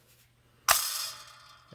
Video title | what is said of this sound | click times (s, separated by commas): Retro Toy: Mattel Snap Shot, 1964 Spy Cap Gun Toy. Agent Zero M. This toy is a GUN?! | still running strong so I'll give you another couple examples of it popping out and | 0.7 s